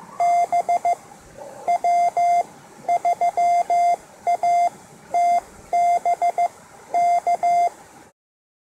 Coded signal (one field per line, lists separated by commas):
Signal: Morse code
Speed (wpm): 15 wpm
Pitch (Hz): 700 Hz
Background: none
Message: B W3ATB K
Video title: QRP Bear River Newry ME